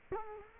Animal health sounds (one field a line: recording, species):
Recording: mosquito wingbeat signal from an infrared sensor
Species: Culex quinquefasciatus